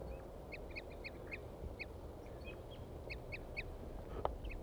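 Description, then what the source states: Crossbill toop calls, short clipped notes given singly and in quick runs of two or three, over a steady low rushing background. Male and female both tooping up in the trees, recorded on the male; birds located after crossbill songs were played back.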